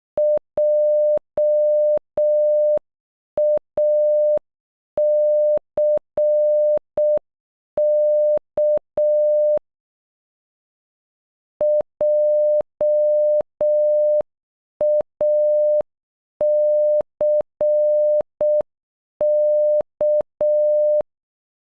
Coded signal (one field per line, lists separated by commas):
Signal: Morse code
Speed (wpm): 12 wpm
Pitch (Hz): 600 Hz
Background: none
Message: JACK JACK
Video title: Jack in Morse code